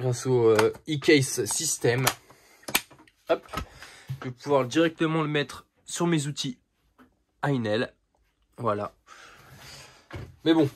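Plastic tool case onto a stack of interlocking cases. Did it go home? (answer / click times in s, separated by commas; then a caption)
yes / 2.7 s, 2.8 s. A plastic tool case is placed onto a stack of other cases using their interlocking system while someone talks. Sharp snapping clicks are heard at about 2.7 and 2.8 seconds as the case seats onto the stack, and talking continues afterward.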